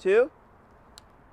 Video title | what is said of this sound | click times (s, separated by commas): How to Get Started with your JumpStart BFR Cuffs | Did you hear that click? | 1.0 s